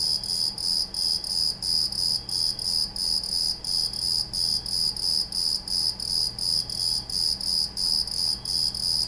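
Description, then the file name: Cricket chirping in a steady rhythm, about three high, buzzy pulses each second, with a faint low hum underneath throughout. "Grillo"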